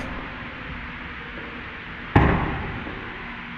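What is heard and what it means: On a Lexus ES300h hybrid, the other side of the rear seat cushion is pulled up by hand from underneath, and its retaining clip in the vehicle floor snaps free with a single sharp snap at 2.2 s. The snap rings out briefly over steady low background noise, and this second cushion clip is released.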